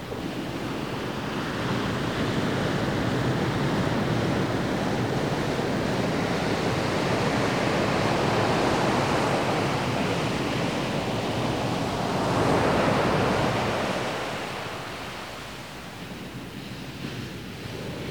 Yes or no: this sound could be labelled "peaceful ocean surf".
yes